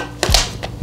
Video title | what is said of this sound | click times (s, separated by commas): Lemon Sugar Cookie Heaven in the Ninja Creami Deluxe | till it clicks into place now you have to let it know are you spinning | 0.2 s, 0.3 s